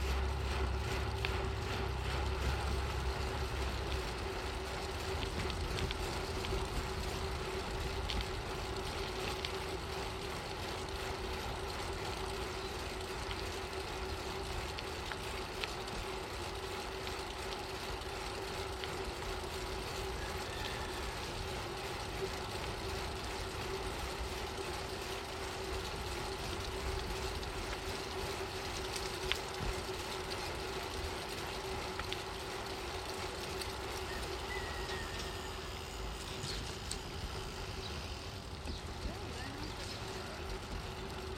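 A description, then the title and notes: Wind rushes steadily past during a downhill ride, with a constant low rumble and hum, and a few faint bird chirps around 20 and 36 seconds. RIDE 1 - Jerusalem x En Kerem. As the birds chirp in this late winter day, gusts of wind hits us as we descend back to Jerusalem while the city unwinds for the weekend.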